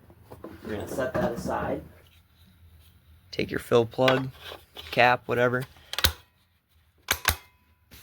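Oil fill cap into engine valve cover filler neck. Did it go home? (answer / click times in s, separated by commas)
yes / 7.1 s, 7.3 s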